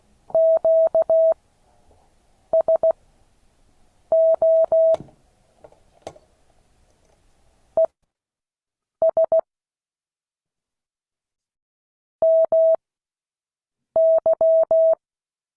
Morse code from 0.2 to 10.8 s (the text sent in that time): QSO ES